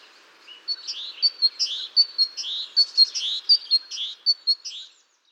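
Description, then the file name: Great tit giving a quick run of high, bright notes mixed with short falling chips, lasting about four and a half seconds. "Parus major"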